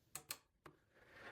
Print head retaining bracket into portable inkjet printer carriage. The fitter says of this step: don't forget to put back this small bracket until it clicks in place.